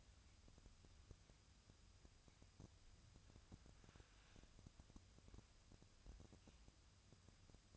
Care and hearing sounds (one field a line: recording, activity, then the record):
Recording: daily activity, microphone in the room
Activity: wipe stove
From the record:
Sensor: 2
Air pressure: 1004.6 hPa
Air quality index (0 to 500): 75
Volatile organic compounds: 1 ppm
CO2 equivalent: 889 ppm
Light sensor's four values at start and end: 7/16/6/6 and 7/16/6/6